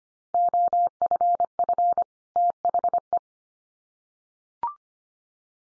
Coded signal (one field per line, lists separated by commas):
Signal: Morse code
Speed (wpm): 25 wpm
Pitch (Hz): 700 Hz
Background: none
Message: OFF THE